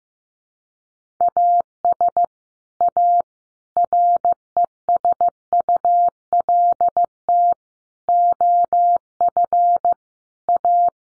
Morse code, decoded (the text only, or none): AS A RESULT OF A